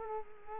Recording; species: mosquito wingbeat signal from an infrared sensor; Culex quinquefasciatus